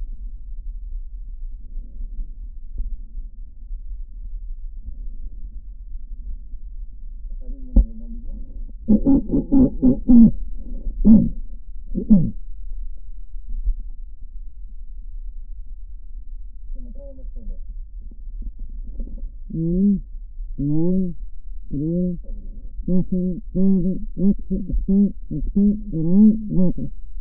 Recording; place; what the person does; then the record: lung sounds by stethoscope; left anterior apical chest; quiet breathing, then cough and speech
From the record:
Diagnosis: pulmonary infection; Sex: female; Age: 74 years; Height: 160 cm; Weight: 66 kg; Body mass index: 25.8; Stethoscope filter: diaphragm mode